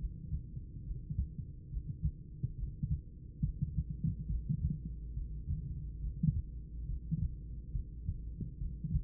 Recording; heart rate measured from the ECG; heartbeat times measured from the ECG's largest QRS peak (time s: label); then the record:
heart sounds by stethoscope; 70 bpm
0.86 s: heartbeat
1.72 s: heartbeat
2.58 s: heartbeat
3.44 s: heartbeat
4.30 s: heartbeat
5.16 s: heartbeat
6.03 s: heartbeat
6.89 s: heartbeat
7.75 s: heartbeat
8.61 s: heartbeat
From the record:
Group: heart failure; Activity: Valsalva maneuver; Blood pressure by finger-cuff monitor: 135/83 mmHg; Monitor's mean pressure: 102 mmHg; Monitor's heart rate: 70 bpm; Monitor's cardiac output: 6.9 L/min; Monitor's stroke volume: 99 mL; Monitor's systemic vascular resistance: 1080 dyn s/cm5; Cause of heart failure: idiopathic cardiomyopathy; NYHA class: 2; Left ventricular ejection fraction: 51%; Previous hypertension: present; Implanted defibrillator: present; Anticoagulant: apixaban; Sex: female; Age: 61 years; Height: 163 cm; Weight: 111 kg